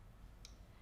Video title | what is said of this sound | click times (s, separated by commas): Sunflower II LED Nail Dust Collector Unboxing | and then same thing, we've got a couple of little grooves, we'll just line them up and then click into place. | 0.4 s